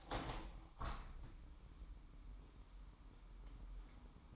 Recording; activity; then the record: daily activity, microphone in the room; open window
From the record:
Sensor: 1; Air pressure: 998.0 hPa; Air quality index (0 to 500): 131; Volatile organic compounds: 4 ppm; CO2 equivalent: 1566 ppm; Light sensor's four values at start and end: 17/56/22/23 and 17/56/23/23